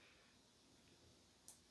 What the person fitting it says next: You heard it click.